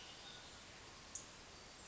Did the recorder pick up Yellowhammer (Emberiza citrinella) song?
no